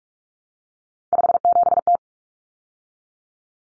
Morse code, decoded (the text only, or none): 57T